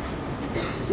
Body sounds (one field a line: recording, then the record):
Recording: coughing mixed with background sound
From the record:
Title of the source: female coughing - coughing sound effects girl